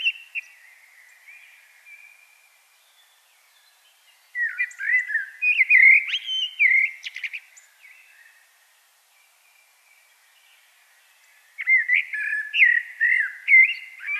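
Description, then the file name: Common blackbird song: two bursts of rich, fluty warbling, each lasting a few seconds, separated by a long silent gap. "Turdus merula"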